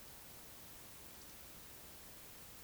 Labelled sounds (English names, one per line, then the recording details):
Eurasian Woodcock whistle
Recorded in Baden-Württemberg, Germany, on 11 June 2021 at 20:25 UTC
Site 24606, 635 m above sea level